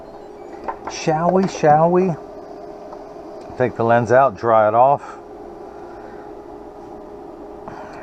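Someone talks while a freshly cut plastic prescription lens (Transitions Gray with Crizal anti-glare) is taken out of the edger and dried off, ready to go into a Versace 3257 eyeglass frame. Brief sharp handling sounds come at about 0.7 s and 7.7 s over a steady low hum. The lens is only handled here; nothing has snapped into the frame yet.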